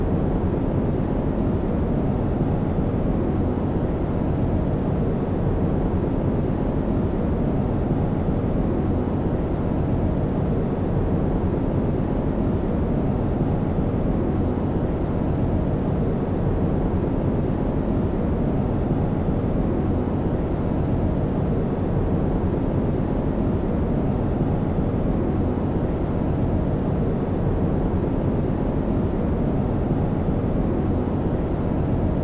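Brown noise plays as a deep, dense rumble, strongest in the low end and dull, with little brightness on top. It holds perfectly steady for the whole stretch, with no events or changes, sounding like an engine or heavy airflow.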